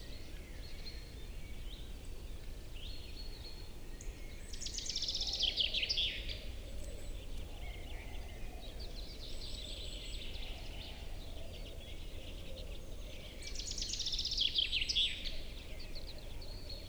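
A displaying capercaillie cock in a forest at the height of the spring lek. Bright, scratchy bursts of calling come in clusters around 5, 10 and 14 seconds, over a constant low rumble that fills the whole clip.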